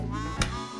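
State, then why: Seated. Antique Houdini-era metal handcuffs are closed around a person's wrist, with the cuff's ratchet arm snapping into the lock at 0.4 s as a sharp click over steady music. The cuff is locked shut on the wrist, and the wearer confirms he is locked in.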